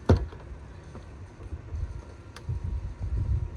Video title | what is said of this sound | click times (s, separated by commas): Miata Monday | And see, I want to hear that click. That's good. | 0.1 s